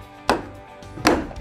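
The two plastic click-and-go latches holding the pedal drive in the hull drive well of a Mirage Compass or Compass Duo kayak are pushed back toward the seat to remove the drive. Each latch releases with a sharp click, at 0.3 s and 1.1 s, over a quiet background. Both latches click open and the drive is released.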